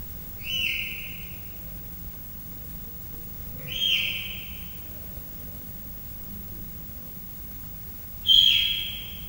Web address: allathangok miskolcizoo 2009 standardt leopard haromhonaposkolyokcsipog nyavog